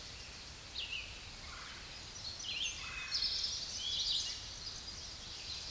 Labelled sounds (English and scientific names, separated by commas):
Red-eyed Vireo (Vireo olivaceus) song